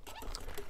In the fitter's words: not about him just rotate that around let's click back in so